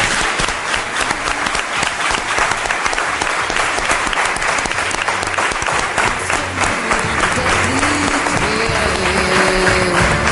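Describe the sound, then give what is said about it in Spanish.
A large audience of people from León applauds steadily in the Salón de los Reyes at San Marcelo in León, a dense, loud clatter of many hands clapping without pause, with a few rising whoops or whistles near the end. “Como en otras ocasiones, estamos en el Salón de los Reyes, en San Marcelo, un enclave mágico y estupendo, repleto de leoneses que suenan así, con los aplausos que dirigen desde aquí para el mundo entero.”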